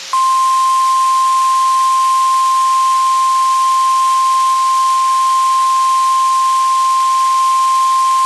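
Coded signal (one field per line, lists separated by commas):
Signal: Emergency Alert System (SAME) tones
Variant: 1050 Hz attention tone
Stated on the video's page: NOAA Weather Radio required weekly tests.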